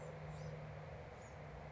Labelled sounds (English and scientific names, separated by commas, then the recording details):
Bewick's Wren (Thryomanes bewickii)
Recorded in Sonoma County, California